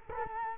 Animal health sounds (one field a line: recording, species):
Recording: mosquito wingbeat signal from an infrared sensor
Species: Culex quinquefasciatus